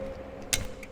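A small button on a wiper blade is pressed and the blade is pulled upward off the wiper arm. Against a faint steady hum, a sharp snap rings out at 0.5 s, followed by a softer tick near 0.8 s. The wiper blade is released from the arm.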